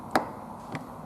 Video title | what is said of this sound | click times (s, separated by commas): 2008 F-250 STEREO PT2 - SPEAKERS | all right snaps | 0.2 s